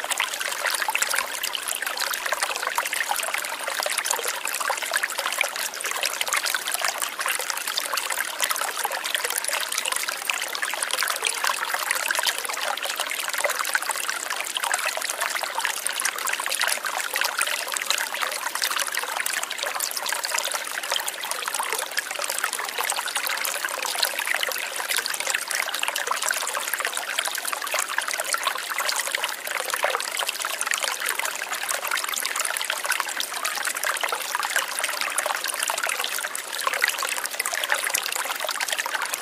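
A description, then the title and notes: A small fountain trickles and splashes without pause, its water falling in a dense, steady patter. The sound is bright, with hardly any low tone, and its level stays even for the whole forty seconds with no separate events standing out. Zen Fountain Water Sounds.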